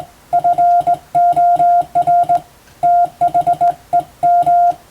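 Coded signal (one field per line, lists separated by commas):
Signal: Morse code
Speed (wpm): 21 wpm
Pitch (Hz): 700 Hz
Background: none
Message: FOR THEM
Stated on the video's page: Morse practice sent for training toward the Japanese radiotelegraph operator exam's telegraphy test, using Western-language telegram practice texts; also suited to amateur receiving practice.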